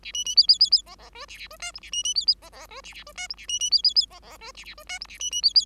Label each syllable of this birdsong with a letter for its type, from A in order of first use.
A B B C C C C D D E A A E F G A B B C C D D E A A E F G A B B C C C D D E A A E F G A B B C C